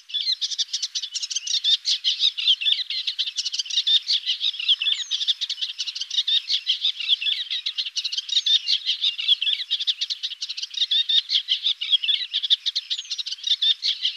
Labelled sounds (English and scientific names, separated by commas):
Eastern Olivaceous Warbler (Iduna pallida) song